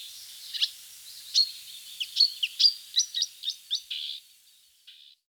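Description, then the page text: Marsh warbler song: high scratchy chirps and short notes in an irregular sequence, ending with two buzzy notes. "Marsh Warbler Song. Quick Sounds"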